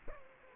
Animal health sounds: mosquito wingbeat signal from an infrared sensor; Culex quinquefasciatus

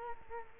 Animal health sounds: mosquito wingbeat signal from an infrared sensor; Culex quinquefasciatus

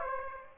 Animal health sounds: mosquito wingbeat signal from an infrared sensor; Aedes aegypti

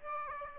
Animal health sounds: mosquito wingbeat signal from an infrared sensor; Aedes aegypti

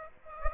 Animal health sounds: mosquito wingbeat signal from an infrared sensor; Aedes aegypti

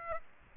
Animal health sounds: mosquito wingbeat signal from an infrared sensor; Aedes aegypti

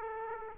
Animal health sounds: mosquito wingbeat signal from an infrared sensor; Aedes aegypti

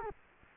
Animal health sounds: mosquito wingbeat signal from an infrared sensor; Culex quinquefasciatus

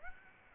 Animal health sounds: mosquito wingbeat signal from an infrared sensor; Aedes aegypti

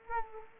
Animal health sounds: mosquito wingbeat signal from an infrared sensor; Culex quinquefasciatus

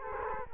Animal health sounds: mosquito wingbeat signal from an infrared sensor; Culex quinquefasciatus

